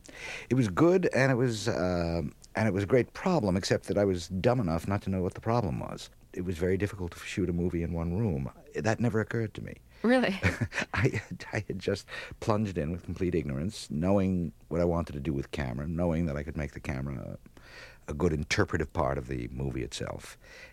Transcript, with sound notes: It was good, and it was a great problem, except that I was dumb enough not to know what the problem was. It was very difficult to shoot a movie in one room. That never occurred to me.
Really?
(Laughter) I just plunged in with complete ignorance knowing what I wanted to do with camera, knowing that I could make the camera a good interpretive part of the movie itself.